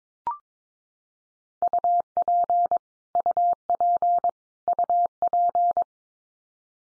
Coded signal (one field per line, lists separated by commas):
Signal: Morse code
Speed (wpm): 22 wpm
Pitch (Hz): 700 Hz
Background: none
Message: UP UP UP